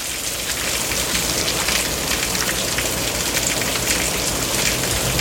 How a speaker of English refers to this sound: Ah, the pitter-patter, splitter-splatter of Sunday mornings. Wait, no, that's bacon, and it's spitting all over your PJs.